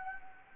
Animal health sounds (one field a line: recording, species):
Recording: mosquito wingbeat signal from an infrared sensor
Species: Anopheles arabiensis